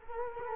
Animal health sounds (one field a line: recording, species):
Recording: mosquito wingbeat signal from an infrared sensor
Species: Culex quinquefasciatus